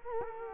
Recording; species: mosquito wingbeat signal from an infrared sensor; Culex quinquefasciatus